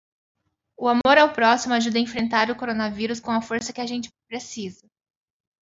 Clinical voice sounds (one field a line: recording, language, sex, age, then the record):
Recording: spoken sentence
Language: Brazilian Portuguese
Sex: female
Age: 30 to 39 years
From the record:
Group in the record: control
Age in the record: 32 years